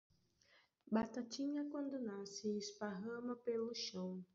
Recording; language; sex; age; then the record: short text; Brazilian Portuguese; female; 30 to 39 years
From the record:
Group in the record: control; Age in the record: 38 years